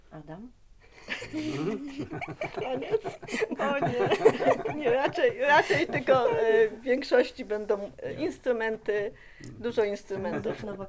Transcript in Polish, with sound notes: Adam?
Taniec? (śmiech)
Nie, raczej tylko większości będą instrumenty, dużo instrumentów.